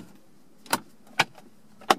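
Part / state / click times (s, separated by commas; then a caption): plastic side trim strip clips into center console / seated / 0.7 s, 1.2 s, 1.9 s. A plastic side trim strip is pushed into the center console of a 2013–2015 Ford Taurus clip by clip, working toward the back. Three sharp snaps sound at 0.7, 1.2 and 1.9 seconds as each clip locks into the console, with quiet background between them. The strip ends up seated.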